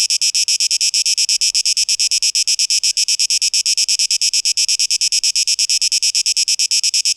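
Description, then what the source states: Cicada buzzing song, harsh high-pitched pulses repeating steadily, with no other clear sounds. Cicadas, 12 August 2023.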